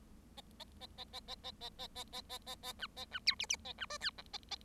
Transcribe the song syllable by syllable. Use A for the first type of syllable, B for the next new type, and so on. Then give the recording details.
A A A A A A A A A A A A A A B A B C D D A B E F G A A. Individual Bird7